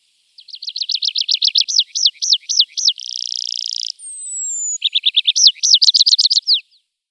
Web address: Schulze Peter Tree Pipit song